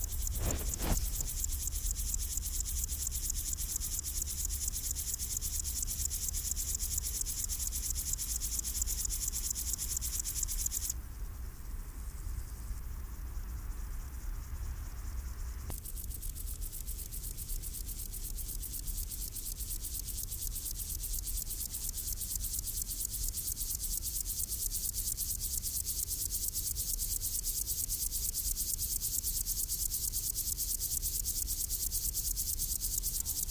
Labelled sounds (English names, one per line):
Upland Field Grasshopper stridulation